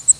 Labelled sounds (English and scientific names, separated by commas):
Cape May Warbler (Setophaga tigrina) flight call